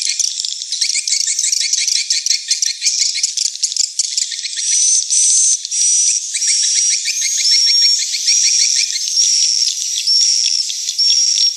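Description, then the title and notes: Dense swiftlet twittering of rapid buzzy chirps, later joined by repeated short high whistled notes over the chatter. Swiftlet house lure sound, Tien Giang, Vietnam. "Am thanh nha yen Akau Vietnam - Tien giang. Những âm thanh chim yến thuộc thương hiệu AKAU"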